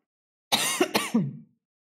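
A short burst of three or four dry, throat-clearing coughs from an adult woman, lasting about a second, part of repeated coughing she attributes to a lot of dust in the air.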